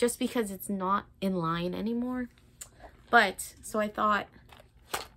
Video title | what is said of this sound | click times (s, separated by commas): Haul Vlog - Feelings, Amazon Broom and some Shoes | so when it goes down you kind of have to forcefully close it until you hear it snap um | 4.9 s